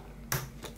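A steel wrist-pin c-clip is pushed with a screwdriver into the pin boss groove of an aluminium scooter piston, with a finger holding it so it doesn't spring out. A sharp metallic snap is heard at 0.3 s, followed by a fainter tick. The clip seats in its groove.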